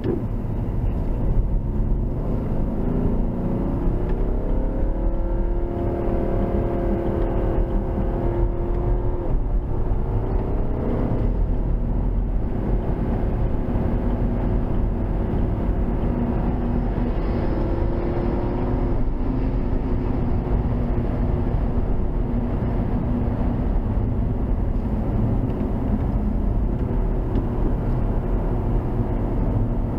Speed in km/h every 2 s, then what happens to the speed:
60, 85, 101, 98, 111, 121, 121, 124, 132, 143, 143, 121, 101, 85, 82.
0-19 speeds up to 143. 19-30 brakes to 82.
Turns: 0-9, 24-30.